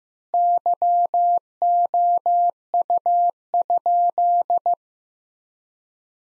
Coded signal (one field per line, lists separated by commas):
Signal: Morse code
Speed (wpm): 16 wpm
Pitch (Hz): 700 Hz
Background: none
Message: YOU?